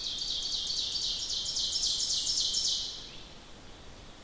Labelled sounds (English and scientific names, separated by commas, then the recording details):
Ovenbird (Seiurus aurocapilla) song
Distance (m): 20 m
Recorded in boreal forest in Alberta, Canada, on 14 June 2016 at 06:21
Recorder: SongMeter 3, array SBT-3-33
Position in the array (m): 128 m, 35 m
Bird 21